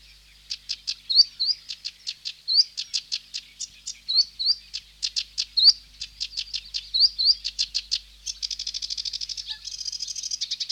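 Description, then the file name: Sedge warbler song, with ticking dry notes and repeated slurred whistles building into fast buzzing trills and a scratchy rattle at the end. "Sedge Warbler (Acrocephalus schoenobaenus)"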